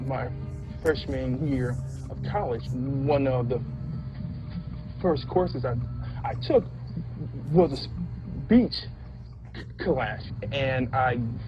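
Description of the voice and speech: An adult man who has stuttered for as long as he can remember speaks with stretched sounds, a repeated "I," and held pauses, with a tense stretched "s" before "speech." These prolongations, repetitions and blocks fit stuttering. A steady low hum runs underneath.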